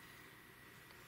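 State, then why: Not seated. A steel nut on an adapter wire is handled near the positive terminal of a D cell battery, about to be snapped on magnetically. Only a steady broadband hiss with low hum and a faint high tone is heard, with no sharp transients. Nothing has seated or clicked yet.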